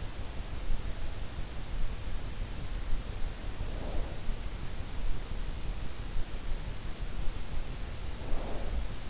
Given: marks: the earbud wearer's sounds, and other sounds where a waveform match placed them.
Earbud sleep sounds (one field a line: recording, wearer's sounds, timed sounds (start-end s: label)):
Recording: sounds in sleep by an in-ear microphone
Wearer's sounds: snoring breath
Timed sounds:
3.31-4.03 s: snoring breath
8.23-8.71 s: snoring breath